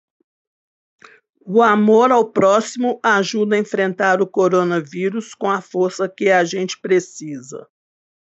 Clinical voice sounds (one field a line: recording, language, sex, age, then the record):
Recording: spoken sentence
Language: Brazilian Portuguese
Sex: female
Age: 50 to 59 years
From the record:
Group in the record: control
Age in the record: 57 years